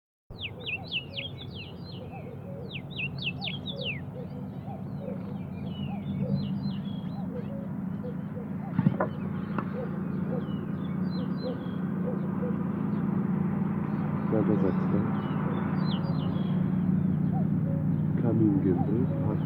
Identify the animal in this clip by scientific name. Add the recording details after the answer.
Emberiza aureola. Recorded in the wild. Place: Ulan Bator, MN. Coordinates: 47.886, 106.906. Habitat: Park. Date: 1979-06-08 04:20. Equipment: Nagra III BH, Sennheiser MD 21, parabola. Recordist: Schubert, Michael